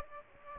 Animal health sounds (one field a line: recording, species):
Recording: mosquito wingbeat signal from an infrared sensor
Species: Aedes aegypti